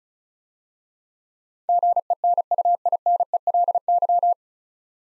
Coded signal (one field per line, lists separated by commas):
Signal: Morse code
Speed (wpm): 36 wpm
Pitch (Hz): 700 Hz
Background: none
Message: GENUINELY